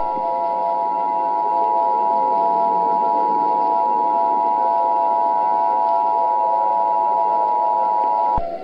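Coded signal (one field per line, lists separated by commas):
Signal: Emergency Alert System (SAME) tones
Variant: 853 and 960 Hz attention tone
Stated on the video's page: Fictional EAS scenario, simulated alert.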